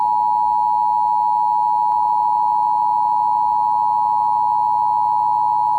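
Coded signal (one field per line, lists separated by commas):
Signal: Emergency Alert System (SAME) tones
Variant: 853 and 960 Hz attention tone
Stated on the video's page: WYFF 4 relay of South Carolina's June Required Monthly Test EAS alert, audio monitored from the GWES ERN relay network.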